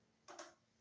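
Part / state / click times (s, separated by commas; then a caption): model coach coupling into adjacent coach coupling / seated / 0.4 s. A Bachmann Western Region MK1 model railway coach is reversed so its plastic coupling engages the next vehicle's coupling, giving a short broadband burst from about 0.3 s with a sharp click at 0.4 s, then another faint high-pitched sound near the end. The coupling seats, and both couplings are together and engaged.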